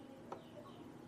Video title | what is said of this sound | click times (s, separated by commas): Honda Click 125i Flyball Upgrade - Monza 13grams | narinig niyo na yung yung clicking sounds na yon then hihigpitan niyo na siya ganun siya no | 0.3 s